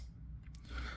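The blade of a Buck nail-nick lockback folding knife, with its pocket clip taken off, is opened against a low steady hum until the back lock in the handle engages. Two short, sharp snaps are heard at 0.5 s and 0.6 s as the blade locks open.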